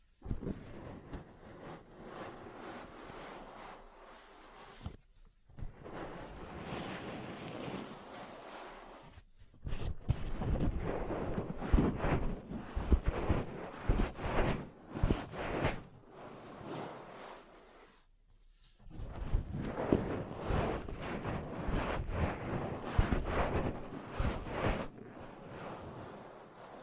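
Ear cleaning and massage sounds, with dense crackling, rustling and rubbing pressed up against the microphone. The noise comes in bursts with brief quiet gaps near 5 and 18 seconds, swelling louder and more muffled from about 10 seconds, with occasional sharp taps.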